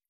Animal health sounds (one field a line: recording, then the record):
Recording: hydrophone in a shrimp aquaculture tank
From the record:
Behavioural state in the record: stressed